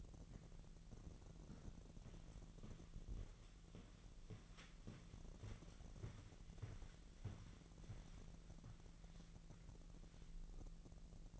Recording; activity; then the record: daily activity, microphone in the room; walk to room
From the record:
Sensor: 4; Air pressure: 1013.1 hPa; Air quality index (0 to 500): 245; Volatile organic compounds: 4 ppm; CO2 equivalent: 1632 ppm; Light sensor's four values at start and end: 37/88/36/36 and 36/85/35/35